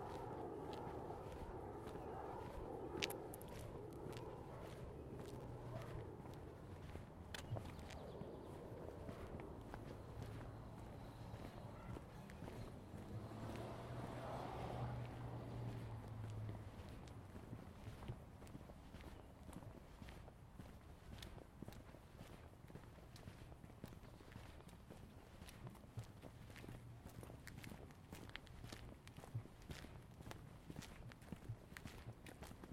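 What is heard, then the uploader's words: A stroll through a Seattle neighborhood, with a steady low hum running under many small clicks and scuffs that could be footsteps. Around the first few seconds and again near fifteen seconds, voices or a passing engine swell briefly before the scene settles back. Stroll in the neighborhood of the Tintinabulary, Seattle.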